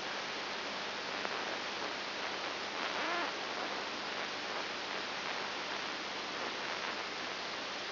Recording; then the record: brain microelectrode recording played as sound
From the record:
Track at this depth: inside the subthalamic nucleus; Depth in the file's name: 4.102 mm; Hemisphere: left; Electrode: 3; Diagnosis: Parkinson's disease